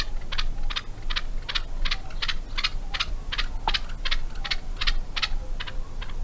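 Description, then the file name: Grey partridge repeating harsh, rasping notes at a steady quick pace, with a continuous low rumble underneath. "Canto do perdiz moura"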